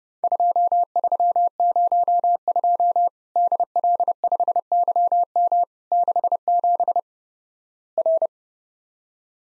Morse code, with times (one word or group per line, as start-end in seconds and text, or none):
0.2-3.1 2302
3.4-5.6 DL5YM
5.9-7.0 67
8.0-8.3 R